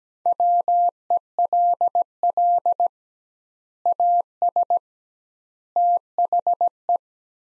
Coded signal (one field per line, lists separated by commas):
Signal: Morse code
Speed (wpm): 17 wpm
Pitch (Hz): 700 Hz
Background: none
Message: WELL AS THE